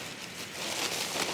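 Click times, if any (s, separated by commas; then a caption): none. A folding bivvy's frame arm is pushed back toward the centre hub where its five main arms meet, giving a steady broadband crinkling, rustling noise that slowly grows louder over the 1.4 seconds with no sharp transients. The arm has not yet clicked or locked into place by the end.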